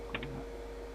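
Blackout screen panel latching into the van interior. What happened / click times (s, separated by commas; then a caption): The panel latch snapped shut / 0.2 s. A night-time blackout screen panel inside a red Escort van, now a finished stealth camper, swings around and latches into the van interior. A sharp click sounds at 0.15 s, followed by a softer tick at 0.2 s over a steady low hum. The blackout screen locks in place.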